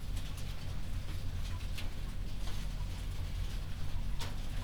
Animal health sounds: poultry house recording; healthy chickens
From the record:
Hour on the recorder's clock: 22

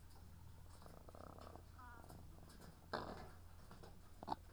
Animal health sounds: poultry house recording; sick chickens (respiratory disease)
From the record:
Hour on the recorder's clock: 17

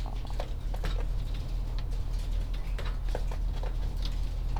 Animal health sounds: poultry house recording; sick chickens (respiratory disease)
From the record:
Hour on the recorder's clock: 14

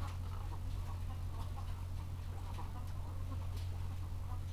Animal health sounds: poultry house recording; sick chickens (respiratory disease)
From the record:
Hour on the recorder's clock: 14

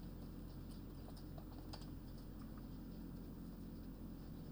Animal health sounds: poultry house recording; healthy chickens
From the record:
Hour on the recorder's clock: 22

